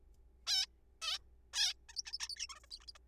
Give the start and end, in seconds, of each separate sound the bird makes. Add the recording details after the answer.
0.47-0.66, 1.02-1.19, 1.53-1.74, 1.89-1.96, 1.97-2.02, 2.05-2.12, 2.13-2.18, 2.20-2.28, 2.29-2.35, 2.37-2.47, 2.50-2.59, 2.64-2.66, 2.71-2.79, 2.81-2.85, 2.88-2.92, 2.95-2.98. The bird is a juvenile. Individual R3428